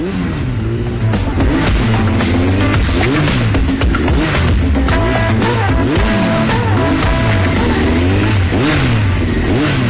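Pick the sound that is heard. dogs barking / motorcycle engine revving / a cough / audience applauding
motorcycle engine revving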